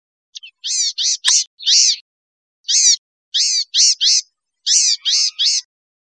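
Blue-gray gnatcatcher calls: thin, nasal, buzzy notes given in short bursts of a few, with brief pauses between bursts.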